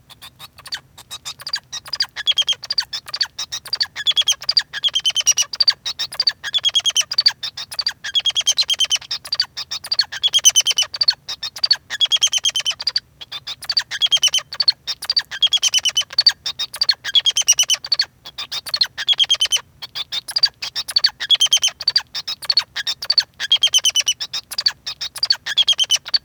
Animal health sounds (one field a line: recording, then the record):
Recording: song of a male Bengalese finch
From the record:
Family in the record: son of father 2